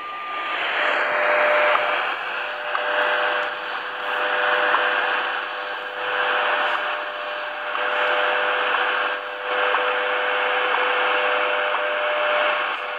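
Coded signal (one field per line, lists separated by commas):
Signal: radio time signal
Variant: WWVH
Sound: steady low audio tone buried in loud shortwave hiss, with faint short ticks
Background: radio static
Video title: WWVH NIST, HAWAII 15000 Khz Tecsun PL-310et desde El Manzano, Tunuyán Mendoza (ARG)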